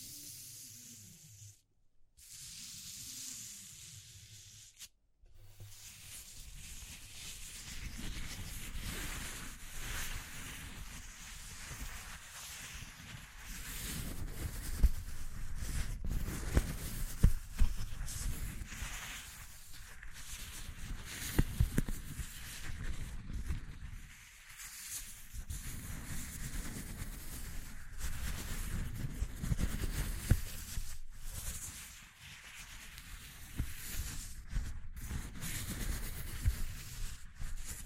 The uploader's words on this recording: ASMR Exploring Textures (No Talking).